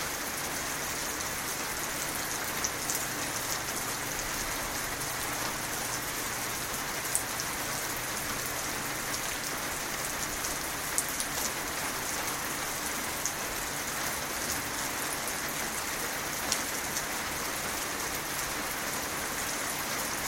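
Steady, dense rain falls through the whole recording, a constant hiss with bright patter on a nearby surface. A low hum runs underneath, and a few sharp drip ticks stand out now and then. No thunder rolls are clearly audible.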